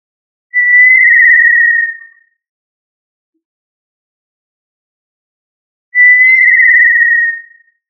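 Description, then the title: Tinamou call, two pure, steady whistles, each about one and a half seconds long and falling slightly at the end, separated by nearly four seconds of silence. "Familia Tinamidae - Quail - Puyuh"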